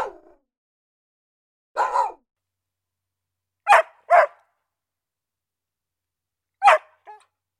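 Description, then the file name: Dog barking: single sharp barks and a quick double bark, spaced irregularly with silent gaps between them, about six barks in all. "Dogs Barking Extended"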